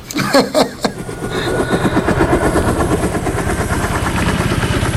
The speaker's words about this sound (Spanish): Hasta con ruido de helicópteros, ¿eh? Incluido. Lo oímos.